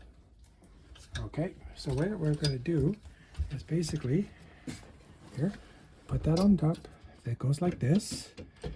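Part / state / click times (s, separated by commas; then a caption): TV mounting bracket into wall mount arm latch / not seated / none. A TV-side mounting bracket is being placed over the top of a Sanus Elite Full-Motion 4D wall mount arm, where it will be lowered until its metal latch catches. Someone talks throughout while a few faint handling knocks sound near 0.4, 0.6 and 1.0 seconds. Nothing has seated or clicked yet; the bracket is handled but not yet locked home.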